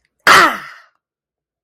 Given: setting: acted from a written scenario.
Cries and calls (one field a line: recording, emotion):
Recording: vocal sound without words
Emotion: pain